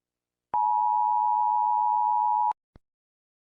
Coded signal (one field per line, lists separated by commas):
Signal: Emergency Alert System (SAME) tones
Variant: 853 and 960 Hz attention tone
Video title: Sun Shrinks (eas scenario)